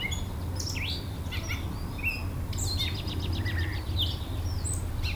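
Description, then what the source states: Backyard birds singing: varied chirps, a rapid series of short notes and rising whistles, over steady low road rumble and wind. Backyard birds recorded with wind in trees and road noise.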